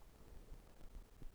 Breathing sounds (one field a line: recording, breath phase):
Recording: one breath near a microphone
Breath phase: inhalation